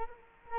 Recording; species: mosquito wingbeat signal from an infrared sensor; Culex quinquefasciatus